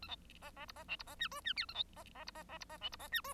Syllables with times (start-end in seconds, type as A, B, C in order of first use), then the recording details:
0.02-0.08 A, 0.08-0.16 B, 0.41-0.51 C, 0.56-0.65 C, 0.68-0.72 D, 0.75-0.83 C, 0.88-0.96 E, 0.99-1.03 D, 1.06-1.15 C, 1.19-1.28 F, 1.31-1.41 G, 1.44-1.53 F, 1.56-1.66 H, 1.68-1.74 A, 1.74-1.84 B, 1.96-2.04 C, 2.14-2.24 C, 2.26-2.31 D, 2.35-2.44 C, 2.48-2.58 C, 2.60-2.65 D, 2.69-2.77 C, 2.81-2.89 E, 2.92-2.96 D, 2.99-3.08 C, 3.12-3.21 F, 3.24-3.33 G. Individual Bird1